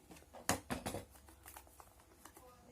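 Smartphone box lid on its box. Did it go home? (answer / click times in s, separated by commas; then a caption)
released / 0.5 s. A new Samsung A10s smartphone box lid is slowly opened on its box during an unboxing, and it clicks open with a sharp click at 0.5 s. Softer rustling and taps follow in a small indoor space.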